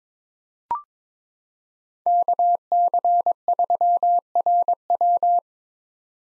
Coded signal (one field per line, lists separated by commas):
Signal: Morse code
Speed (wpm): 22 wpm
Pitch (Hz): 700 Hz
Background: none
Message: KC3RW